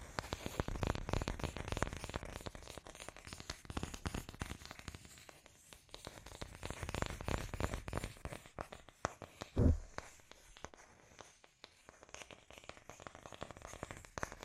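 Scratchy tapping made of dense, irregular clicks and rasping strokes, busiest in the first five seconds and again around eight to ten. A single sharp, louder knock lands near the ten-second mark, then the scratching continues more sparsely and quietly to the end.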